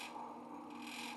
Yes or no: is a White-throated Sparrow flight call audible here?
no